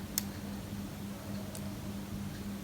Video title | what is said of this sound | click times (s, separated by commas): How to repair Redmi bar speaker 🔈 no sound issue | का इसको बिल्कुल आराम से आप लोग ने अंदर इंसर्ट करना देखि अपनी जगह पर जा बैठ गई है ऊपर से इसको लॉक कर देता हूं य देखि अब फिक्स हो गई हिल नहीं रही है य | 0.2 s